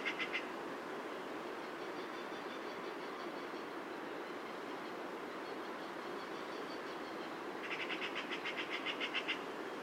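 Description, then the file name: Eurasian magpie chattering: a harsh, rapid rattle of dry clicking notes near the end, with a short burst at the start, over steady roaring background noise. "Pica pica"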